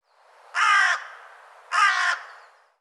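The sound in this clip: Bird giving two harsh, grating caws a little over a second apart, each lasting under half a second.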